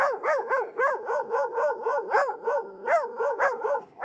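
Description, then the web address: Puppies yelping in a rapid series of high, arched, harmonic-rich cries, each rising then falling, with no other clear sounds. Puppies, more than one. "cachorros"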